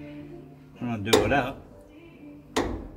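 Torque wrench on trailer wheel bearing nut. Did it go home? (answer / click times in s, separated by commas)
yes / 2.6 s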